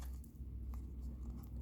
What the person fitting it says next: and it snaps like that